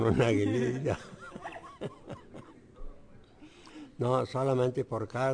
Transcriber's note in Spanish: risas